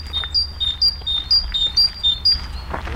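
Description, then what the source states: Great tit song: a two-note see-saw phrase, higher and lower whistled notes alternating in quick repeats, with a faint low rumble underneath. Spring song; resident through winter; among the first birds heard singing once it starts to get warm; song likened to a bicycle pump.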